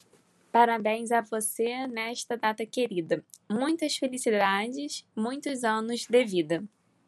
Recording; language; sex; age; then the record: short text; Brazilian Portuguese; female; 20 to 29 years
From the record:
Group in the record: control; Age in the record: 23 years